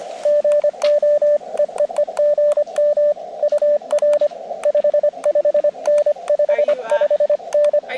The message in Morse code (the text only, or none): GO EEE GM UR 55N 55N